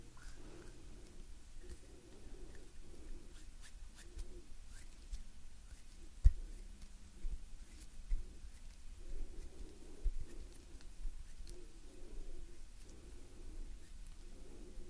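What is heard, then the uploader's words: Gentle hand movements and soft breathing, with low, hollow murmuring tones swelling and fading every second or two. Faint rustles and small clicks come scattered throughout, with a sharper tap around six seconds. The overall level stays quiet and even. Gentle Hand Sounds Movements & Breathing.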